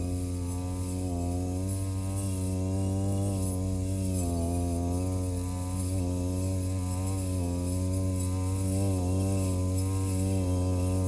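A brush cutter drones steadily throughout, its engine pitch wavering slightly up and down as it cuts grass, with a constant buzzing whine.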